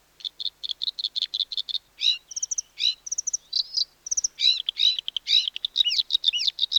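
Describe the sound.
Bluethroat song: a run of rapid repeated high ticking notes, then varied buzzy, twanging and whistled phrases with quick frequency sweeps.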